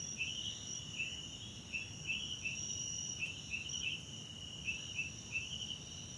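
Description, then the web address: Cricket chorus with many short dipping chirps repeated irregularly, several per second at times, over a continuous high whine and faint low noise. Background crickets at night in a wetland park at Kosi Forest Lodge, South Africa. "Tonschliff - SOUTH AFRICAN CRICKETS BG South Africa Wetland Park Kosi Forest Lodge Night"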